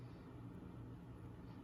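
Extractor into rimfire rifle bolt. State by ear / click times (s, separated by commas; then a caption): not seated / none. An extractor is slipped in at an angle on the right side of a Savage MKII rimfire rifle bolt and slid back into position, lined up just before it is pushed in to click. Only a steady low rumble is heard, with no sharp sounds. The extractor has not seated or clicked yet.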